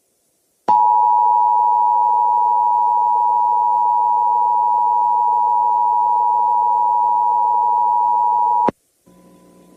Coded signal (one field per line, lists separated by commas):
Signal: Emergency Alert System (SAME) tones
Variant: 853 and 960 Hz attention tone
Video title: 50 States, 50 EAS Alerts (1K Sub. Special)